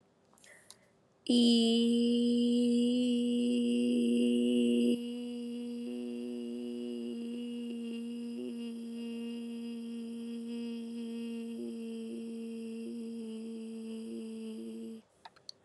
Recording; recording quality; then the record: sustained vowel as in beet; excellent, no background noise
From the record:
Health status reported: COVID-19 positive, mild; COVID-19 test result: positive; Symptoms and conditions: cough, cold, sore throat, fever, loss of smell and taste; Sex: female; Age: 20 years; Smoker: not ticked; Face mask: not worn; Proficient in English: yes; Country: India